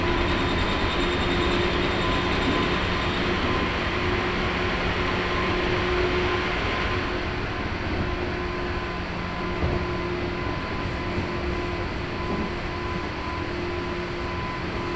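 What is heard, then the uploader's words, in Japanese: A local train on the Chuo East Line runs with a steady, dense rumble and faint whine tones, quieting slightly after about seven seconds. 中央東線 普通 韮崎→東山梨。韮崎を出てもまだ下り続けて甲府盆地に入ります。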